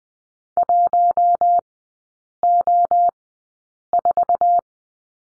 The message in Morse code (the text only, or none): 1O4